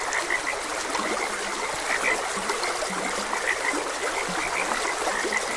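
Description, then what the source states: Frogs croaking in brief bright bursts mixed with occasional deeper clucks, a babbling stream constant behind them. Frogs croaking beside a gentle stream.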